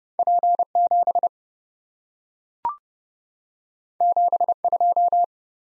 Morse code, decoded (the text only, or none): P7 72